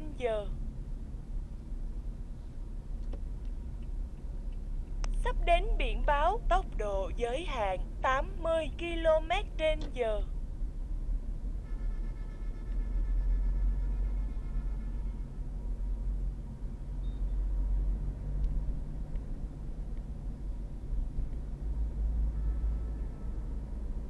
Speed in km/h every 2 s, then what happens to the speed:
29, 28, 28, 32, 32, 33, 37, 36, 38, 40, 39, 42.
4-24 speeds up to 42.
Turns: none.